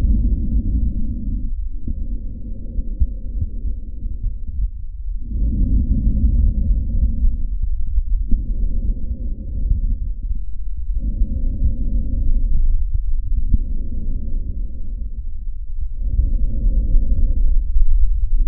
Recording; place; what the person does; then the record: lung sounds by stethoscope; trachea; quiet breathing, then deep breathing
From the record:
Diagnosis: COPD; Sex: male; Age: 57 years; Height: 165 cm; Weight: 85.7 kg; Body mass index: 31.5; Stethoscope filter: bell mode